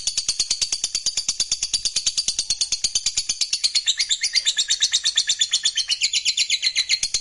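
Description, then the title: Lovebird giving a continuous rapid chatter of high, shrill notes, pulsing quickly, steady and unbroken throughout. "Suara Lovebird Ini"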